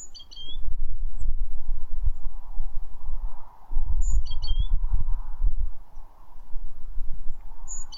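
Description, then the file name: Great tit calls: high sharp notes each followed by rapid stepped chirps, repeated about every four seconds beneath heavy low rumbling wind-like noise. "Parus major"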